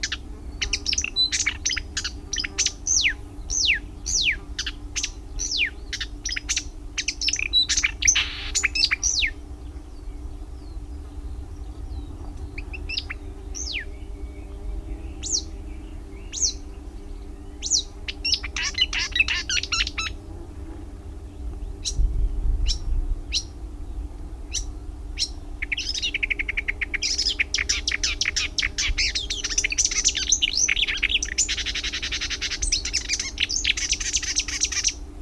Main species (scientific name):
Acrocephalus palustris